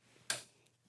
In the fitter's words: Make sure it locks into place